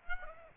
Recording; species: mosquito wingbeat signal from an infrared sensor; Aedes aegypti